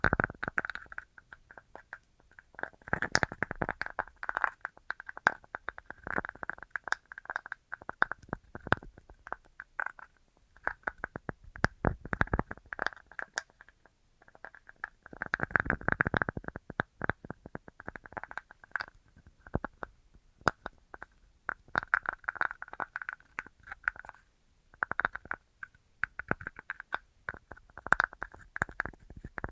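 Tapping comes in dense, rapid bursts of sharp clicks and crackles, pausing briefly between clusters, with heavier flurries around three and fifteen seconds.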